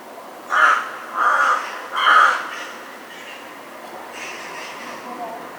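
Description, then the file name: Crow giving three loud, rasping caws in quick succession, followed by softer, fainter caws at the end. "crow cawing"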